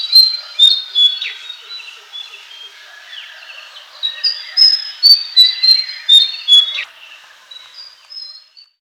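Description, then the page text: White-throated fantail singing a rapid series of thin, high whistled notes with rising and falling slurs, busiest in the middle and trailing off at the end. "White-Throated Fantail Song. Quick Sounds"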